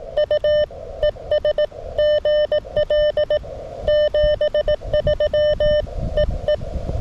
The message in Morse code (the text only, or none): U ES GL 73 EE